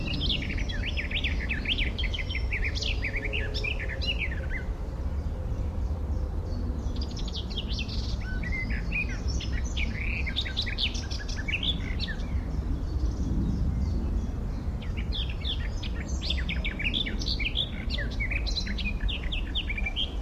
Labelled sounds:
Garden Warbler (Sylvia borin)

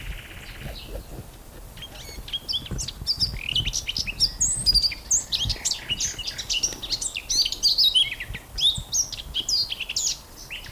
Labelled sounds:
Eurasian Blackcap (Sylvia atricapilla) song

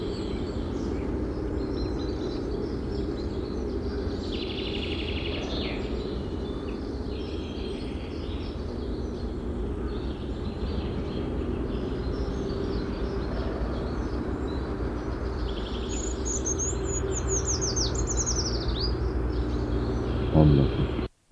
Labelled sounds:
Eurasian Treecreeper (Certhia familiaris) song

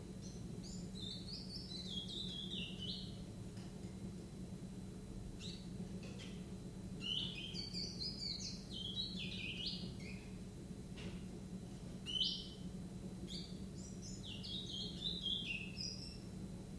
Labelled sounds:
Willow Warbler (Phylloscopus trochilus)

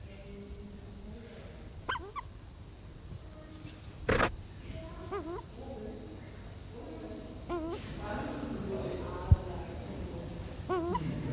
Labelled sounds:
Grey-winged Trumpeter (Psophia crepitans) call

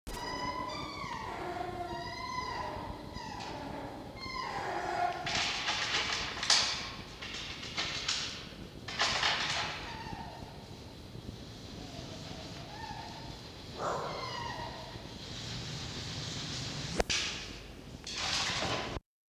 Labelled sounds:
Red Fox (Vulpes vulpes)

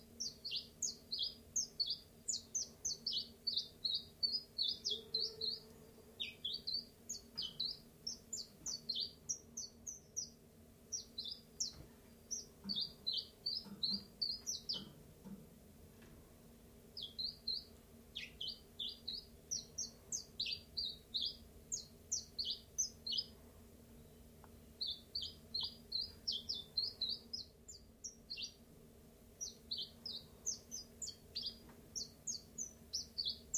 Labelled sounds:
Common Chiffchaff (Phylloscopus collybita)

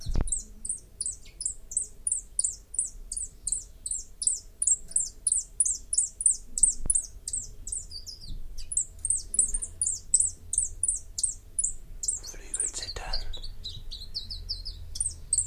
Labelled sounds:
Common Chiffchaff (Phylloscopus collybita) song

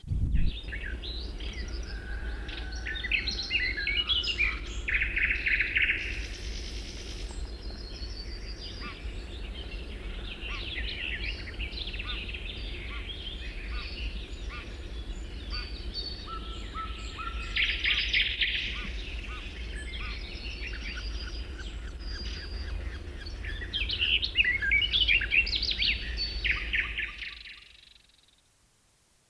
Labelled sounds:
Barred Warbler (Sylvia nisoria) song, Red-backed Shrike (Lanius collurio)

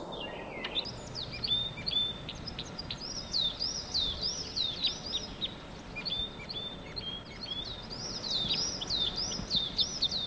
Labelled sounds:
Red Crossbill (Loxia curvirostra)

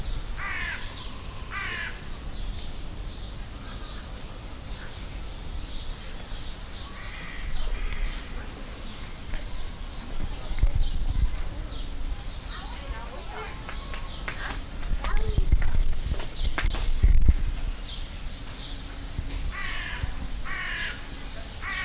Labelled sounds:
White-headed Marmoset (Callithrix geoffroyi) call

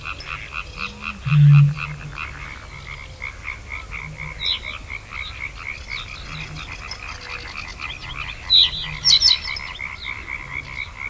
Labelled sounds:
Reed Bunting (Emberiza schoeniclus)

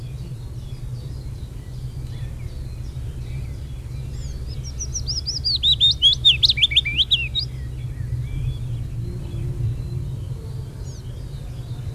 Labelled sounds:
Willow Warbler (Phylloscopus trochilus) song

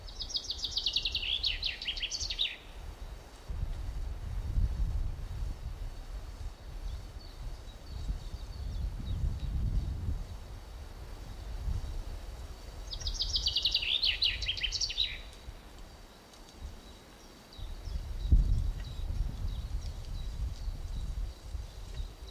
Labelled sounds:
Common Chaffinch (Fringilla coelebs) song

